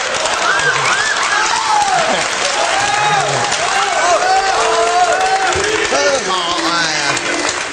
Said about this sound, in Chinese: 这看出来了吗？ 看什么来了？ 凡是鼓掌都是坐公交来的。 哎，对，有生活呀。